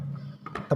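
A plastic locking tab on the top motor unit or lid of an OMICKO food chopper is aligned with its slot on the bowl and pressed down. A steady low hum runs underneath, a sharp click is heard at 0.5 s, and another brief transient follows at about 0.6 s. The lid is locked in place and will not wobble easily.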